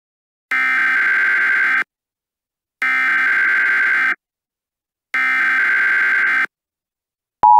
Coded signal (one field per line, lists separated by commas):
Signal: Emergency Alert System (SAME) tones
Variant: header bursts